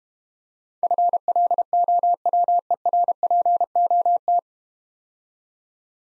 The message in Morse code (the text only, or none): FLOWERPOT